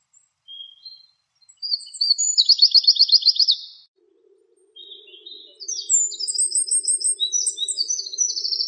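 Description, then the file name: Eurasian wren song: two loud bursts of rapid high trills and sharp warbled notes, separated by a pause, with a low steady hum underneath in the second half. "krapivnik"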